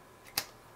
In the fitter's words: i dopiero dopychamy i słyszeliście moment głośnego kliku.